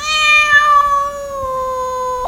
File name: Hieronyme Cat Meow